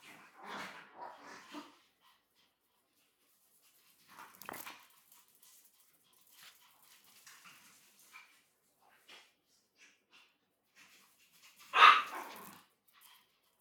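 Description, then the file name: Chihuahuas at play, with soft scattered yips, snuffles and whimpers spread throughout and one sudden loud, sharp yap near the end. Several dogs playing, recorded on 20 May 2017. "20170520 Chihuahua Dogs Playing"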